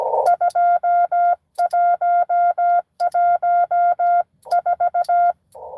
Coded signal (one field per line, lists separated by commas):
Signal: Morse code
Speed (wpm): 17 wpm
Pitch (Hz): 700 Hz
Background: none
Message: 2114